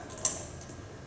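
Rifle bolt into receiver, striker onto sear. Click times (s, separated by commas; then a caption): 0.2 s. On a Browning BPR-22 pump .22 Mag rifle, the reassembled steel bolt is pushed all the way to the rear of the receiver, with faint small ticks before a sharp, bright click at 0.3 s. That click is the striker catching on the sear, so the bolt is seated and the action is cocked.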